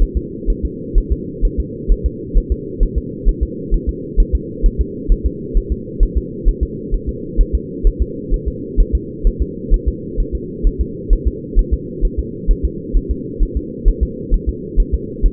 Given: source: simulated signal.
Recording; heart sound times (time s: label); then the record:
fetal heart sounds
0.02 s: S1
0.17 s: S2
0.50 s: S1
0.65 s: S2
0.98 s: S1
1.12 s: S2
1.45 s: S1
1.60 s: S2
1.91 s: S1
2.06 s: S2
2.38 s: S1
2.52 s: S2
2.83 s: S1
2.98 s: S2
3.29 s: S1
3.43 s: S2
3.74 s: S1
3.89 s: S2
4.20 s: S1
4.35 s: S2
4.66 s: S1
4.81 s: S2
5.12 s: S1
5.26 s: S2
5.57 s: S1
5.72 s: S2
6.03 s: S1
6.17 s: S2
6.48 s: S1
6.63 s: S2
6.94 s: S1
7.09 s: S2
7.41 s: S1
7.55 s: S2
7.87 s: S1
8.02 s: S2
8.34 s: S1
8.48 s: S2
8.80 s: S1
8.95 s: S2
9.27 s: S1
9.42 s: S2
9.74 s: S1
9.88 s: S2
10.20 s: S1
10.35 s: S2
10.67 s: S1
10.81 s: S2
11.13 s: S1
11.27 s: S2
11.59 s: S1
11.73 s: S2
12.05 s: S1
12.19 s: S2
12.51 s: S1
12.65 s: S2
12.97 s: S1
13.11 s: S2
13.43 s: S1
13.57 s: S2
13.88 s: S1
14.03 s: S2
14.34 s: S1
14.49 s: S2
14.80 s: S1
14.94 s: S2
15.26 s: S1
From the record:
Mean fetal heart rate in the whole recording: 130 bpm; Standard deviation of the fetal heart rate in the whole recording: 2 bpm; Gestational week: 38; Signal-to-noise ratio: -4.1 dB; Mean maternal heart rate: no maternal heart sound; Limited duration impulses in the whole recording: absent